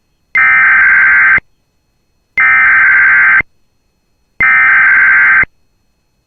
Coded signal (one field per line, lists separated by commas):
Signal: Emergency Alert System (SAME) tones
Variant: header bursts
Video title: [EAS] Tornado Warning for Northern Clearwater County and West Central Beltrami County